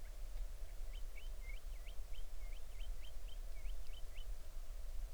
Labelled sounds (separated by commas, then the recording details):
bird
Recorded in the Arctic National Wildlife Refuge, Alaska, on 20 July 2019 at 03:23
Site 38